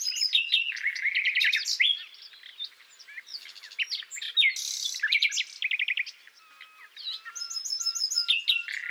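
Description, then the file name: Common nightingale song of fast varied chirps, clicking series and a brief buzzy burst, with a quieter stretch before phrases pick up again. "Luscinia megarhynchos"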